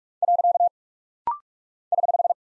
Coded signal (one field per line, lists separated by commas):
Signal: Morse code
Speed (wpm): 46 wpm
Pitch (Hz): 700 Hz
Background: none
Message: . <HH>